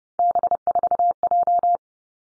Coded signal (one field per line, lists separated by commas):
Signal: Morse code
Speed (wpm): 30 wpm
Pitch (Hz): 700 Hz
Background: none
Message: B4J